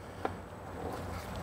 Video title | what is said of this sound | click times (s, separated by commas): Vespa ET4 Resurrection PT. 2 - Battery, Crank Test, Spark Check | kind of get in there, and you wanna hear that snap. | 0.2 s